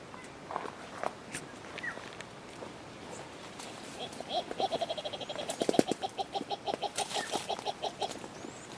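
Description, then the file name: Ruspoli's turaco song starting midway, a steady series of harsh repeated notes, preceded by scattered clicks and rustling. "Canto do turaco de ruspoli"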